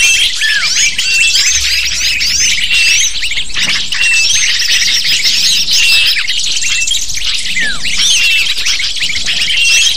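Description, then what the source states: Lovebird chatter: many birds give quick, high squeaky chirps and short slurred notes without break, forming a busy, shrill chorus. Calls used as a lure (pikat) to attract lovebirds.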